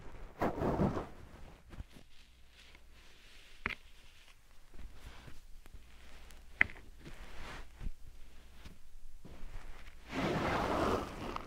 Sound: Slime Sand Triggers